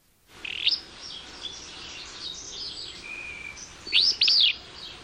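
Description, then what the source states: Willow Flycatcher opening with a rising brit, then after a pause a sharp sneezy fitz-bew song. Recorded at Kern River Preserve, Southern California; rising brit call at the beginning and between fitz-bews, a less common element of the song repertoire.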